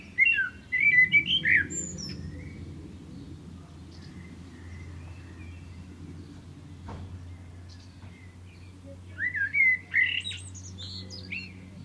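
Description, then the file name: Common blackbird sings two separate phrases with a long quiet gap between them, each of mellow whistles closing in squeaky high twitters. "Turdus merula"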